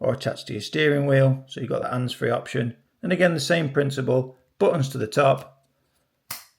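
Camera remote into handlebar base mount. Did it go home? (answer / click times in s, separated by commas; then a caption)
yes / 6.3 s. Someone talks while an Insta360 X5 GPS preview remote with built-in mic is pushed, buttons to the top, into its plastic handlebar/steering wheel base mount. A short sharp snap at 6.3 s marks the remote seating securely in the base.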